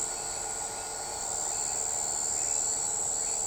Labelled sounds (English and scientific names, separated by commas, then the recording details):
none
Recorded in shrubland near Pivijay, Magdalena, Colombia, on 13 April 2023 at 01:00
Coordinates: 10.453, -74.365
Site P5-G022